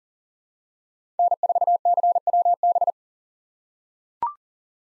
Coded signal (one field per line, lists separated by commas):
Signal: Morse code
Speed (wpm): 40 wpm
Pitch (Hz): 700 Hz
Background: none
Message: N4CWB